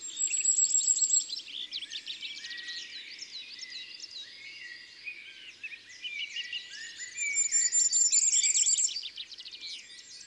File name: Roitelet a triple bandeau ABC des chants doiseaux